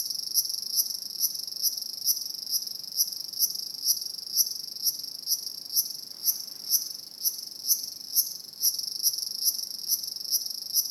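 Cicada singing a piercing high-pitched buzz that swells and fades in quick regular pulses, roughly two per second, continuing steadily.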